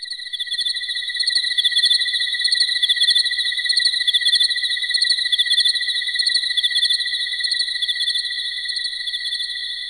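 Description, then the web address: Crickets chirp steadily: a continuous high, ringing trill with evenly pulsed chirps repeating throughout. Ambience of crickets. "ATMOS CRICKETS"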